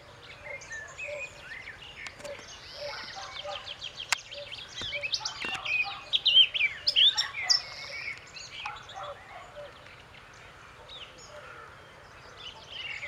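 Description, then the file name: Eurasian blackcap song with rapid, varied high notes building to a rich warbled phrase in the middle, then growing quieter. "Sylvia atricapilla"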